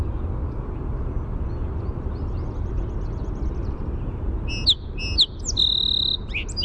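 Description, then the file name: Song sparrow song: two sharp introductory notes, then a buzzy held note and a jumbled ending, over a steady low rumble. "SOSP song"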